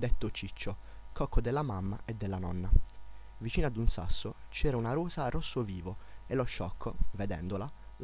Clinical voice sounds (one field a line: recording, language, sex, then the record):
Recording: read passage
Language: Italian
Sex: male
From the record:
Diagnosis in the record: healthy control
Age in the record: 19 years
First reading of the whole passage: 46 s, 11.4 characters per second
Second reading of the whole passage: 54 s, 9.6 characters per second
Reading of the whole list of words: 54 s, 5.2 characters per second